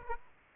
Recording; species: mosquito wingbeat signal from an infrared sensor; Aedes aegypti